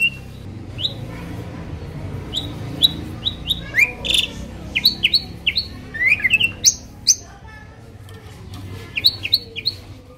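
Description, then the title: Asian pied starling song: bright whistled notes and quick upslurred chirps, scattered bursts with short pauses, over a low background hum. Training recording for songbirds that sing too little or are sluggish. "Masteran Jalak Suren Atasi Burung KURANG GACOR Dan LOYO"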